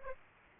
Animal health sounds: mosquito wingbeat signal from an infrared sensor; Aedes aegypti

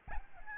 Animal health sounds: mosquito wingbeat signal from an infrared sensor; Aedes albopictus

